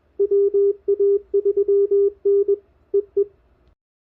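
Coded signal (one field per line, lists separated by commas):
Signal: Morse code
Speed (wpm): 21 wpm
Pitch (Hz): 400 Hz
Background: none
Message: WA3N EE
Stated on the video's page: Morse CW from a park activation and a lake activation (LLOTA), using a Xiegu X6200 with Putikeeg keys and a dipole on a 14ft mast.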